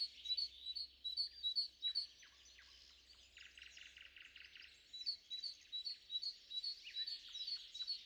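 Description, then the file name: Bird song of bright, high chirps and short whistled notes, quick bursts repeated throughout with a brief quieter stretch in the middle. Morning song; three birds. "morning bird trio"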